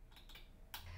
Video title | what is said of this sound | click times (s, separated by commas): AOI QuickRinse Instructional Video | make sure you hear a click | 0.7 s